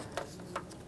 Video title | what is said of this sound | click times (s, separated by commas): How to Replace Rear Wiper Arm 1999-2004 Jeep Grand Cherokee | hear it a little click lock into place | 0.2 s, 0.6 s